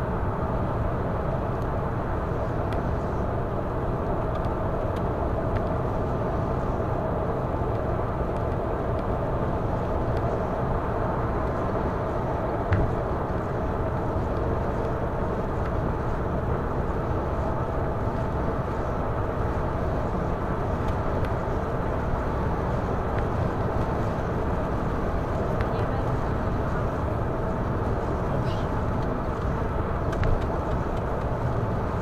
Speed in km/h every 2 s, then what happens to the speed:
118, 114, 114, 113, 115, 115, 116, 119, 122, 122, 122, 122, 122, 122, 122, 122.
0-6 steady at about 114. 6-16 speeds up to 122. 16-32 steady at about 122.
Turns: none.